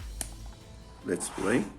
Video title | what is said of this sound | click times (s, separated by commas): Getting audio from your old HEADSET and LAVALIER Type C No 3.5mm Jack Cell Phones | and I'm going to connect this and make sure it clicks | 0.2 s